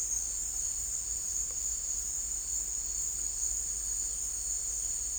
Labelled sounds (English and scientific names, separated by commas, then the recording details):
none
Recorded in secondary vegetation near Puerto Asís, Putumayo, Colombia, on 21 December 2024 at 16:30
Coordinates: 0.484, -76.319
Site GP06